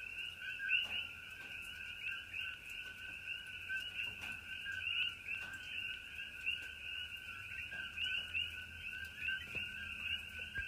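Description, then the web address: Coqui frog chorus, an unbroken wall of repeated high two-note chirps at two pitches, with light pattering rain sounds throughout. Several coqui frogs calling in Hawaii during light rain. "coqui frogs aloha with light rain"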